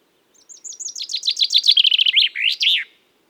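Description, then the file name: Common chaffinch song: a single complete phrase of quick repeated notes descending in steps, then ending in a loud flourished note. "Fringilla coelebs"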